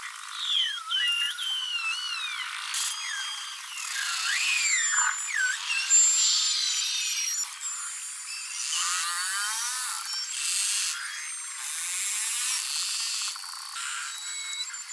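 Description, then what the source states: Beluga whale calls: many overlapping whistles that rise and dip sharply, mixed with buzzy pulsed sounds. Large mixed herd of belugas.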